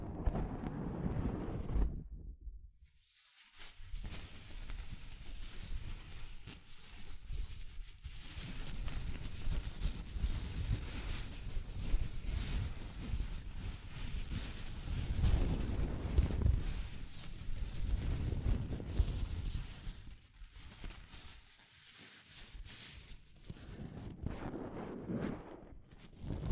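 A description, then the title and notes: Soft fabric brushes across a microphone in a dense, rustling rumble, heavy in the lows with a hissy top. The rubbing swells and eases in slow waves, with a brief near-silent gap around two to three seconds and a short dip near twenty-one seconds. ASMR Mic Brushing using Soft Fabric (No Talking).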